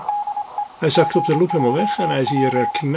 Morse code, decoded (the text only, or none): DE G3P